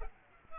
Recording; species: mosquito wingbeat signal from an infrared sensor; Culex pipiens